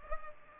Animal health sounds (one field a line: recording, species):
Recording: mosquito wingbeat signal from an infrared sensor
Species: Culex pipiens